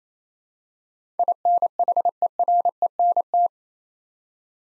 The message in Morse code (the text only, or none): INHERENT